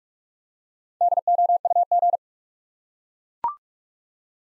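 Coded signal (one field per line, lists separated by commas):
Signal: Morse code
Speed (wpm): 44 wpm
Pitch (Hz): 700 Hz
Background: none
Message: DOUG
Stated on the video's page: Head-copy drill of common US names up to four letters at 45 wpm, each sent in Morse, spoken, then sent again.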